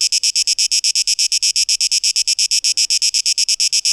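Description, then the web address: Cicada song, a bright hissing buzz chopped into quick regular pulses, continuing unchanged. Cicadas, 12 August 2023, tape echo mix. "rauschpartikel Audio 2023-08-12 Zikaden"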